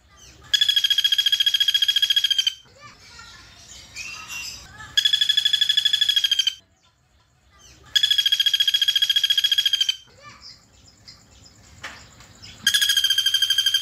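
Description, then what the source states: Streaked spiderhunter song of rapid pulsed notes in runs of one to two seconds, four runs in all; faint chirps fill the pauses between runs. Singing persistently (gacor), clear and long; a bird-training tutor recording (masteran).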